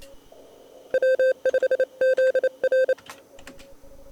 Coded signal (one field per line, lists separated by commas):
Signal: Morse code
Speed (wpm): 28 wpm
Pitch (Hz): 1550 Hz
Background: none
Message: W5ZR